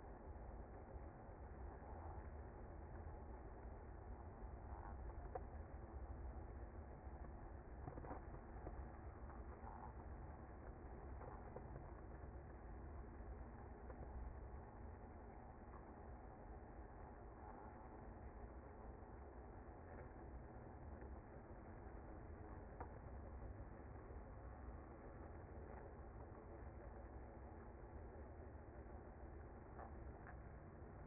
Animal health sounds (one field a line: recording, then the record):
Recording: honeybee colony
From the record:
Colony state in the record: active